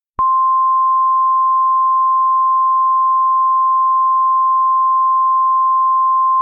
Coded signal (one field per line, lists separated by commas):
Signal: Emergency Alert System (SAME) tones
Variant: 1050 Hz attention tone